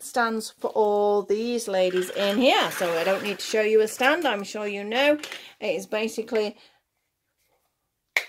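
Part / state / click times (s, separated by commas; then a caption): doll stand post into its base / seated / 8.2 s. A plastic doll stand post is fitted into its base while someone talks. After the talking stops there is a short silence, then a sharp click at 8.2 s as the post clicks into place.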